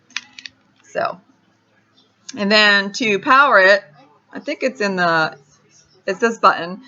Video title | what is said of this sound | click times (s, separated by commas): Ivation 3.7 Volt Cordless Rechargeable USB Powered Mini Pocket Screwdriver | So you just it locks into place pretty tight, just slips on, and you charge it. | 0.2 s